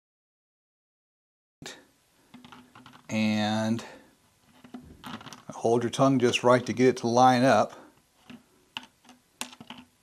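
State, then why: Seated. An end section of an Ultimea Skywave X100 Dual wireless soundbar is lined up by hand with the main soundbar body and pushed together, with faint handling taps and someone talking in between. It snaps into place with sharp clicks at 8.8 s and 9.4 s, and the two sections sit together looking like one piece.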